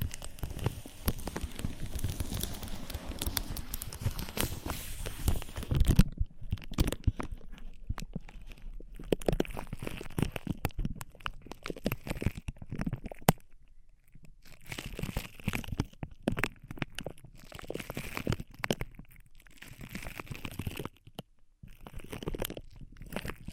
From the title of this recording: Ear Massage, Cleaning